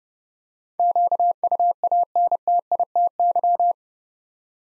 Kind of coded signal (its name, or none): Morse code